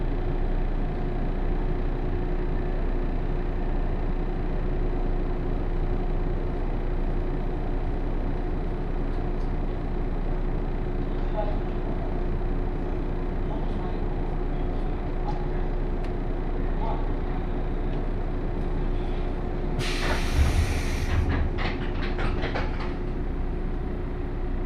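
A 117 series local train on the Kosei Line runs from Kyoto toward Ono, with a steady, heavy low rumble and a constant humming tone throughout. Around twenty seconds a sharp burst of hiss and a few clicks break through, then the even roar continues.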